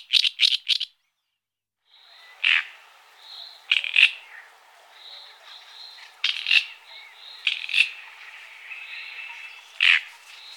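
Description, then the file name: Great reed warbler song: a few harsh grating notes, then scattered loud croaks separated by quieter chattering and soft whistles over faint background hiss. "Rousserolle turdoide"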